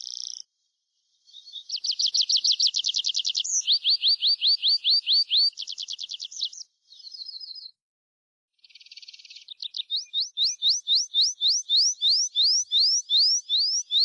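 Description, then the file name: Tree pipit singing in varied phrases: fast trills, buzzy notes and runs of sweeping whistles, pausing between sections before a long repeated series of rising notes. "PRISPOLONE"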